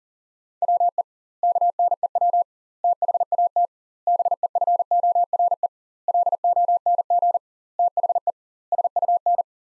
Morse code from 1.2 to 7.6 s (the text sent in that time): KNEW THAT BEFORE LONG